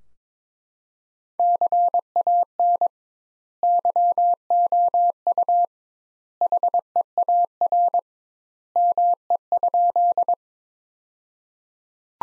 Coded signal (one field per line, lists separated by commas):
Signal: Morse code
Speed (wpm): 22 wpm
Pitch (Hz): 700 Hz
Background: none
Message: CAN YOU HEAR ME?